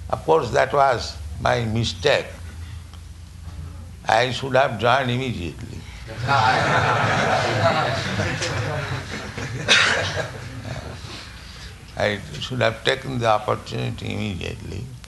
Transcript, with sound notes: Of course, that was my mistake. I should have joined immediately. [laughter] I should have taken the opportunity immediately.